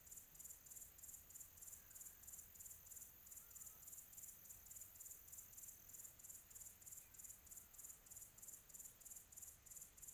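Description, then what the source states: Cricket chirping high, a steady beat of rapid pulses. Quiet tropical atmosphere.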